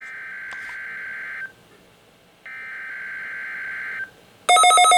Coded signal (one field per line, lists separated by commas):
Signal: Emergency Alert System (SAME) tones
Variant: header bursts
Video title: 7/14/2021: Required Weekly Test (EAS #397)